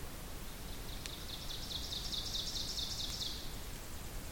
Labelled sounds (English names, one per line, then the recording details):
Ovenbird song
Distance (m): 50 m
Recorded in boreal forest in Alberta, Canada, on 2 June 2016 at 06:28
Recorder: SongMeter 3, array SBT-3-7
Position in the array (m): 197 m, 96 m
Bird 6